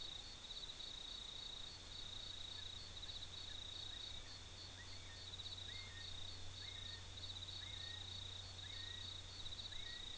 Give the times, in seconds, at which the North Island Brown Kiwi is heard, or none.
2.23-10.17